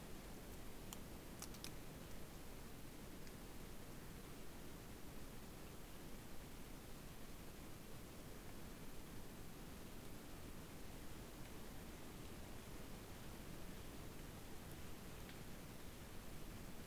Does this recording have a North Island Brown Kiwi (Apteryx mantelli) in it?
no